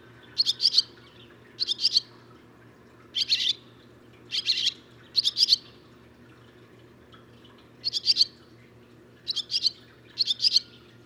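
Barn swallow repeating paired, scratchy chirp notes about every second or two, with a faint low hum in the background.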